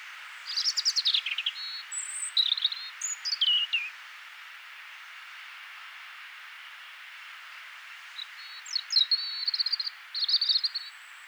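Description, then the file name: European robin giving varied, high, wistful phrases of quick trills and thin slurred whistles, a pause of several seconds, then another sparkling trilled phrase, with background hiss. "Erithacus rubecula"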